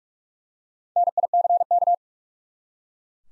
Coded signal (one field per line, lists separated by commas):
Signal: Morse code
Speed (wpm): 44 wpm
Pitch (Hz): 700 Hz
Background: none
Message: NICK